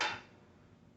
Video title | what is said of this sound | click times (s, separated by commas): Power Block adjustable dumbbells full review | you slide this along there, you'll hear the little click. | 0.0 s